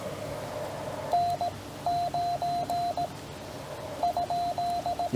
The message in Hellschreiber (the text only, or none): none